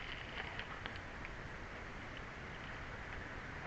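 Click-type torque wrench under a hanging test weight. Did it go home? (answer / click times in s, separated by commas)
no / none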